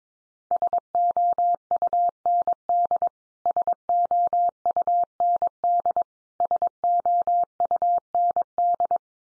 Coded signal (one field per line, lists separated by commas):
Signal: Morse code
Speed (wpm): 22 wpm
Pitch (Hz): 700 Hz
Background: none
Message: SOUND SOUND SOUND